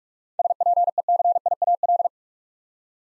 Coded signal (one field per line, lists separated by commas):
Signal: Morse code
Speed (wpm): 42 wpm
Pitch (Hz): 700 Hz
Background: none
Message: SPECIAL